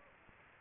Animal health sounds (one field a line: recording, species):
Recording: mosquito wingbeat signal from an infrared sensor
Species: Aedes aegypti